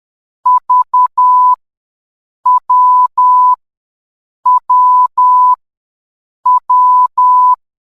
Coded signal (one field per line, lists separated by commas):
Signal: Morse code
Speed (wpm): 10 wpm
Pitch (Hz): 1000 Hz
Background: none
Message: V W W W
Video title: Morse Code (Alphabet) - HTT